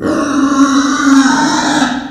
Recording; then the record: squeal of a Yucatan mini pig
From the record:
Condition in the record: after surgery on the right vocal fold (resection and tissue-engineered implant); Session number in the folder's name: 7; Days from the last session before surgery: 47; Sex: female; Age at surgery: 19 weeks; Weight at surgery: 25 kg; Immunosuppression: prednisolone